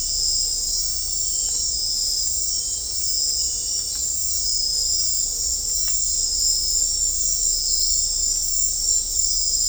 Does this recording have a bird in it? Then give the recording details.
no. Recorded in dense forest near Puerto Asís, Putumayo, Colombia, on 18 December 2024 at 20:30. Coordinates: 0.500, -76.322. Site G053